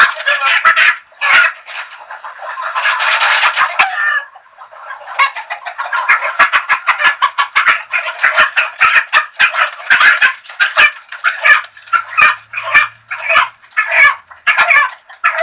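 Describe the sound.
Chickens in a busy flock, a long loud squawking burst first, then rapid staccato clucks repeating steadily to the end.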